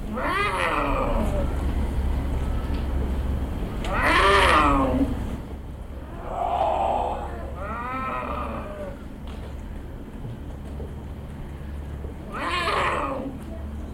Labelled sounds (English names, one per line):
Puma